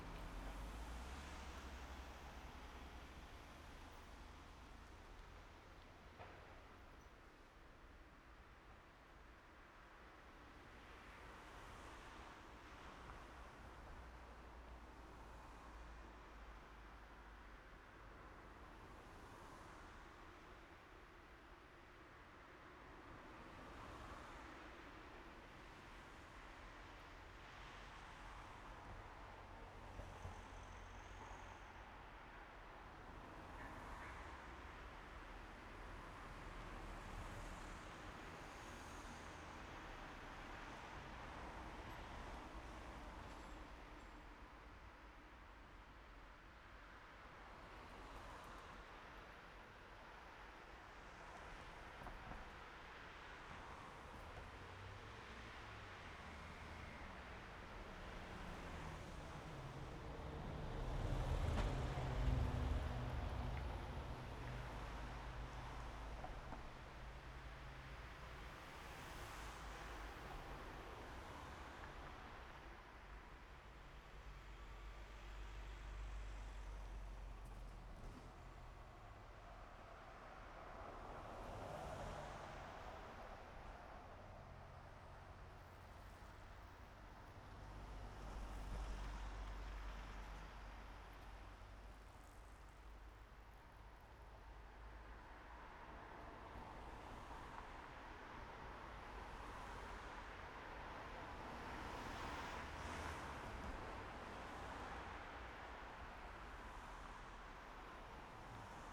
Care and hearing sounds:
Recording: everyday scene through a hearing-aid microphone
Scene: in traffic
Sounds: traffic, machine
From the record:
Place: main road on the outskirts, rush hour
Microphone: behind the ear, right, front

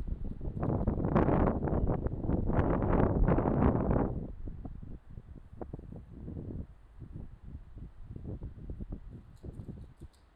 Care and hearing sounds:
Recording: everyday scene through a hearing-aid microphone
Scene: wind on the microphone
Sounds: squally wind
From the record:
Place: parking lot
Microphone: in the ear canal, left

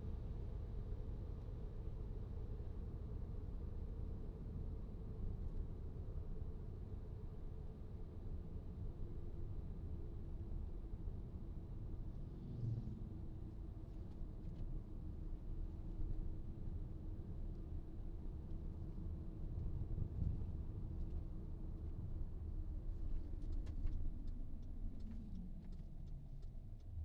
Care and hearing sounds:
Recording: everyday scene through a hearing-aid microphone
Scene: in a vehicle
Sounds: engine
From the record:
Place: VW T5 Caravelle, diesel engine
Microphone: in the ear canal, right

